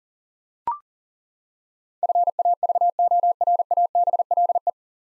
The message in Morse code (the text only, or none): FAVORABLE